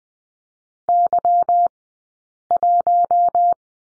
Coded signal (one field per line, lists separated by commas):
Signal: Morse code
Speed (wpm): 20 wpm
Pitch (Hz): 700 Hz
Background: none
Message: Y1